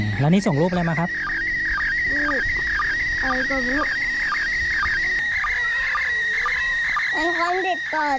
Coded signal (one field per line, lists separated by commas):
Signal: SSTV (slow-scan television)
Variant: PD 120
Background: speech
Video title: ARISS SSTV with kids